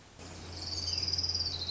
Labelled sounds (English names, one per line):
Orange-crowned Warbler